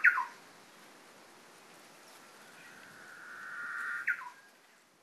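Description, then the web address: Japanese bush warbler song: a quick falling flourish, then a long level whistle swells gradually before a sharp upward note and a short downward slur. Recorded on Hahajima, 17 April 2011. "koe uguisu 110417 hahajima"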